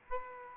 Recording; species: mosquito wingbeat signal from an infrared sensor; Aedes aegypti